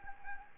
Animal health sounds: mosquito wingbeat signal from an infrared sensor; Anopheles arabiensis

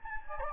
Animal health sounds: mosquito wingbeat signal from an infrared sensor; Anopheles gambiae

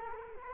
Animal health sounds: mosquito wingbeat signal from an infrared sensor; Culex quinquefasciatus

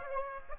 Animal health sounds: mosquito wingbeat signal from an infrared sensor; Aedes aegypti

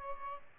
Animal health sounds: mosquito wingbeat signal from an infrared sensor; Aedes albopictus

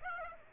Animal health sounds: mosquito wingbeat signal from an infrared sensor; Aedes aegypti

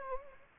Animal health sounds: mosquito wingbeat signal from an infrared sensor; Anopheles gambiae

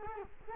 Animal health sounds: mosquito wingbeat signal from an infrared sensor; Culex quinquefasciatus

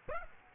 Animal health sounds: mosquito wingbeat signal from an infrared sensor; Aedes aegypti

